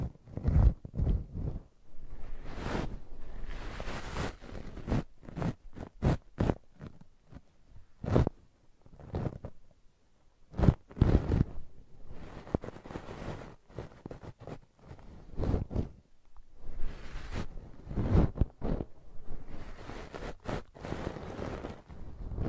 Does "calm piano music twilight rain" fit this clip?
no